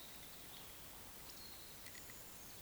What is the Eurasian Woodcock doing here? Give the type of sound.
whistle, croak